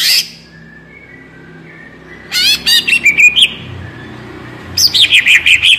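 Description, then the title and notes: Greater green leafbird song: quick chattering notes running into sweet, wavering whistles, heard in two phrases. Actively singing (gacor) greater green leafbird, described as melodious, suited as masteran to train captive leafbirds to sing. "Cucak Ijo Gacor Ngentrok Jambul Nembak. suara burung cucak ijo gacor, merdu cocok buat masteran burung cucak ijo"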